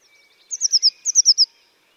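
Eurasian blue tit calling two fast bursts of four high, thin, downslurred notes each, with a faint steady whistle underneath.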